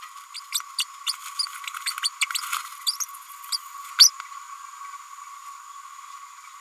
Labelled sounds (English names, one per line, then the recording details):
Green-rumped Parrotlet babbling
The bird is a female
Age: 32 days
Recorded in a nest box in Venezuela
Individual 17B102A5